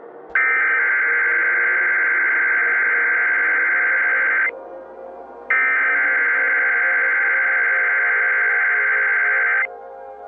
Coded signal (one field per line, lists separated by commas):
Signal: Emergency Alert System (SAME) tones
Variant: header bursts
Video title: EAS Mock // Vermillion //